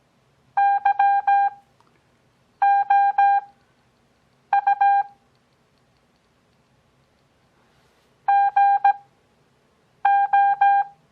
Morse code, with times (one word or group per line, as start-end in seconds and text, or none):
0.6-5.0 YOU
8.3-10.8 GO